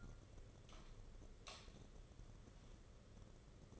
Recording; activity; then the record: daily activity, microphone in the room; light on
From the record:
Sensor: 4